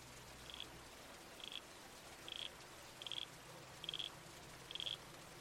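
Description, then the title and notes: Red-crowned toadlet calls: six short high notes at a steady pace, over a soft hiss of creek and wind. Night-time bush soundscape with a babbling creek and trees swaying in the wind. "Red-Crowned Toadlet. Nocturnal Worlds"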